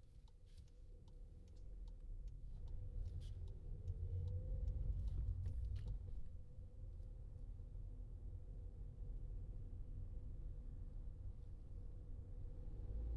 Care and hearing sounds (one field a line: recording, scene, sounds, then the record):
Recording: everyday scene through a hearing-aid microphone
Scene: in a vehicle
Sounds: engine, highway traffic jam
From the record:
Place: Skoda Fabia, gasoline engine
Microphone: in the ear canal, left